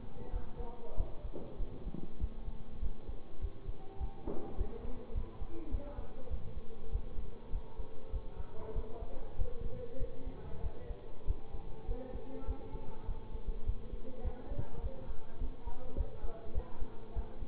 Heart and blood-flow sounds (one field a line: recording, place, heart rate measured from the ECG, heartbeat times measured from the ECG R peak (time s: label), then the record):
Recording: heart sounds by stethoscope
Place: between the tricuspid and mitral areas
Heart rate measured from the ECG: 100 bpm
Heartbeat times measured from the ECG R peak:
0.30 s: heartbeat
0.95 s: heartbeat
1.56 s: heartbeat
2.18 s: heartbeat
2.79 s: heartbeat
3.39 s: heartbeat
3.97 s: heartbeat
4.55 s: heartbeat
5.12 s: heartbeat
5.69 s: heartbeat
6.28 s: heartbeat
6.89 s: heartbeat
7.50 s: heartbeat
8.10 s: heartbeat
8.73 s: heartbeat
9.36 s: heartbeat
9.97 s: heartbeat
10.60 s: heartbeat
11.24 s: heartbeat
11.85 s: heartbeat
12.45 s: heartbeat
13.05 s: heartbeat
13.64 s: heartbeat
14.22 s: heartbeat
14.80 s: heartbeat
15.38 s: heartbeat
15.95 s: heartbeat
16.52 s: heartbeat
17.13 s: heartbeat
From the record:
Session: bicycle stress test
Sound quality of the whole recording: good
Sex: male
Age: 24 years